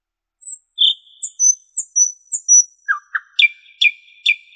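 Common nightingale song of very high whistles, short slurred notes, then three sharp repeated notes.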